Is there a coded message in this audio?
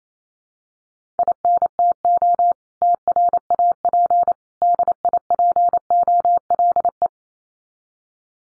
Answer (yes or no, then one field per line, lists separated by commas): yes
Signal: Morse code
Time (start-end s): 1.2-7.1 s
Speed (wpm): 28 wpm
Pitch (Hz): 700 Hz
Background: none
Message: INTO TRAP DIPOLE